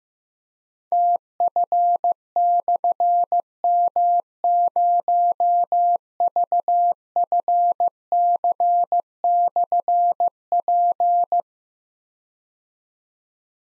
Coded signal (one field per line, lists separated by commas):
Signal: Morse code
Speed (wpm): 15 wpm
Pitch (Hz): 700 Hz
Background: none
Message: TF/M0VFC/P